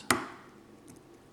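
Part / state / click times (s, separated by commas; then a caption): pin in a lock cylinder / seated / 0.1 s. While a lock is being picked, a pin in the lock cylinder sets with a single loud, sharp click at 0.1 s, and the core moves slightly. The click rings down over a few tenths of a second, followed by quiet with two faint ticks near the end. The pin has seated.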